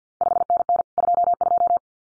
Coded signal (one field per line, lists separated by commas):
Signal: Morse code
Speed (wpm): 50 wpm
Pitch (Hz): 700 Hz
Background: none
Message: 5NN 22